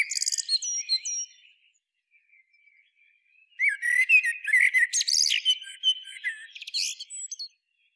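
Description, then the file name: Common blackbird opening with quick high chirps, a quiet gap, then a lively phrase of mixed whistles and shrill, scratchy twitters. "Turdus merula"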